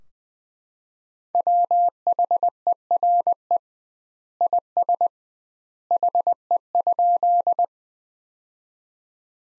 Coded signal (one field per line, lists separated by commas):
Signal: Morse code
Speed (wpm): 21 wpm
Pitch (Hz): 700 Hz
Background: none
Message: WHERE IS HE?